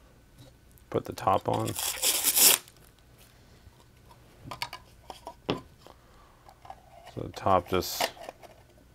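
Someone talks while handling the plastic top cover of a KT&C KPC-DS100 indoor day/night dome security camera, bringing it back onto the camera base so it can click into its groove. Bursts of crinkly rustling near 1–2.5 s and 7–8 s frame a cluster of sharp little taps and knocks around 4.5–5.5 s. The cover has not seated or clicked into place yet.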